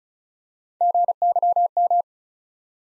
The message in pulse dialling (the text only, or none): none